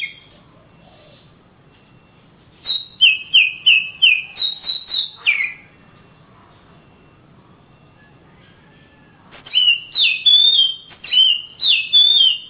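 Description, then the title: Oriental magpie-robin song in two outbursts of quick, clear descending whistles, parted by a long silent stretch. Kacer, described as a champion master singer from Kalimantan and Sumatra, singing energetically (gacor). "Kicau Kacer Juara Master Kalimantan Sumatra Gacor"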